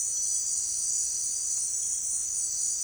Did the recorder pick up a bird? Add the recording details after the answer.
no. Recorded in secondary vegetation near Puerto Asís, Putumayo, Colombia, on 25 June 2025 at 17:00. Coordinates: 0.485, -76.322. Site GP06